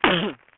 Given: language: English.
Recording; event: throat vibration sensor signal played as sound; cough